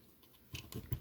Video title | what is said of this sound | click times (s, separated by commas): Transformers Legacy Deluxe Class Skids review | okay that doesn't click in the place that's because i'm like wait a minute does that click into place | none